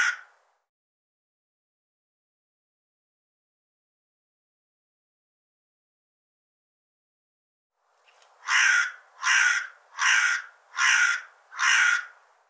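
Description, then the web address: Bird calls: a clipped harsh note at the start, then about eight seconds of silence before five loud, harsh cawing calls repeated roughly every 0.8 seconds. "cianscape birddata Deverinetal 2025 File cleaned normalized Bird"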